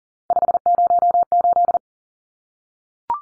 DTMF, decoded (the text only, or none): none